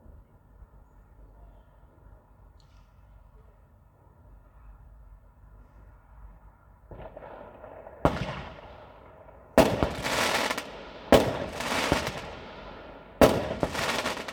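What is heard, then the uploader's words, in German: New Year's Eve fireworks: a quiet, low rumbling start gives way around seven seconds to a rising hiss, then sharp bangs at about 8, 9.5, 11 and 13 seconds. Each bright crack is followed by crackling and fizzing that trails off before the next. Silvesternacht: Feuerwerk und Freude.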